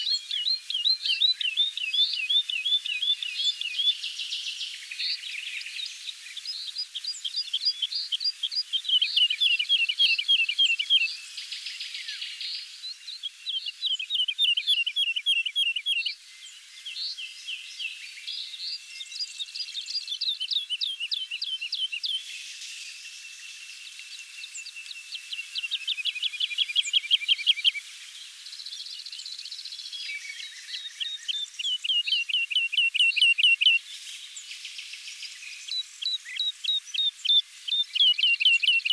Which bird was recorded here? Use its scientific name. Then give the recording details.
Lullula arborea. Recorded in the wild. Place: St. Laurent des Arbres und Umgebung, FR. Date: 2008-05-16. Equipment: MiniDisc Sharp MT 20 H. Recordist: Schwarz, Dieter